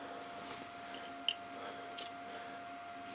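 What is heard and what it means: The end piece of a Max Factory "Max Gokin" Gensic Gaogaigar figure's long plastic weapon is pushed onto the peg on the weapon shaft against a steady, quiet background hum. It seats with one short, sharp snap at 1.3 seconds, and the end piece is pegged in place.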